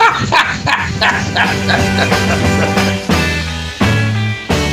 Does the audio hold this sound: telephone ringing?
no